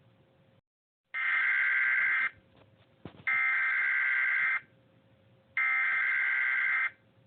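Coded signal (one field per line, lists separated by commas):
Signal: Emergency Alert System (SAME) tones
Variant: header bursts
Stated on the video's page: Fictional EAS scenario with simulated alert tones.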